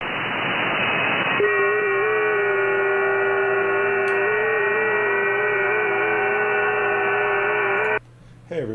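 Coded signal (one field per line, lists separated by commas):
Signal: FT8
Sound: many overlapping soft steady warbling tones over hiss, stopping abruptly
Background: radio static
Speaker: i'm sure many of you are very familiar with that sound and for those that aren't that is ft8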